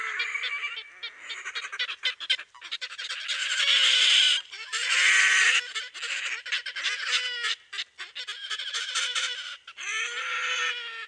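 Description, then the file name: Red-necked grebe giving loud, harsh wailing and braying calls, broken into stuttering bursts with long drawn squeals. "perkozrdzawoszyi"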